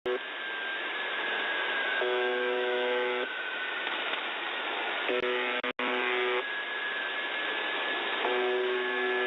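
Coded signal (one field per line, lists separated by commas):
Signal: channel marker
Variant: UVB-76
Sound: harsh harmonic buzzes about every three seconds over hiss, with a steady whistle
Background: radio static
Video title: Weird Sounds on The Buzzer, XM Whales Oddity, 4.625 USB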